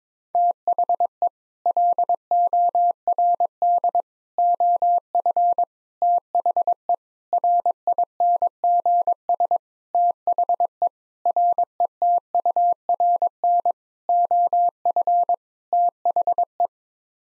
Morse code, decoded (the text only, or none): THE LORD OF THE RINGS THE RETURN OF THE